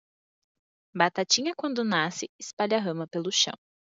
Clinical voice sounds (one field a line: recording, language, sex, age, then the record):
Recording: short text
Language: Brazilian Portuguese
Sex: female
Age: 20 to 29 years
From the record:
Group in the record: control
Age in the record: 25 years